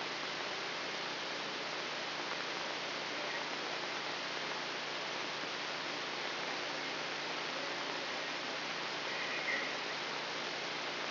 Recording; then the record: brain microelectrode recording played as sound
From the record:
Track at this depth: outside the subthalamic nucleus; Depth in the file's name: 5.505 mm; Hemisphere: left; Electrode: 3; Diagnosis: Parkinson's disease